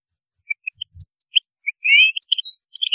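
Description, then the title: European goldfinch song: scattered high chirps building into a fast, jangling twitter of liquid notes and trills, with a soft low thump near the first second. "Chant Chardonneret"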